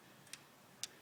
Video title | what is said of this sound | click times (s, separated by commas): V6 Vitara Timing chain replacement Part 5 | which it does, and then you don't force it to the next click. | 0.3 s, 0.8 s